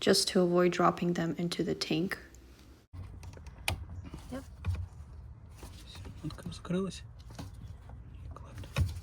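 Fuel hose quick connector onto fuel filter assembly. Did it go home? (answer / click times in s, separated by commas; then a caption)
yes / 8.8 s. On a 2010 Mercedes-Benz E350 (W212) getting a new fuel filter because of a gas smell, a fuel hose quick-connect fitting is pushed onto the new fuel filter assembly right away so the hoses don't drop into the tank. Someone talks at the start, then quiet handling noises and faint taps follow. A sharp click at 8.8 s marks the connector seating, and it holds.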